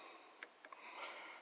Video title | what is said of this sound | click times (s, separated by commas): Chevy OBS door handles install 1993 Chevy C1500 Sport Truck, Best way I found to reinstall / replace | and it'll click right in | 0.4 s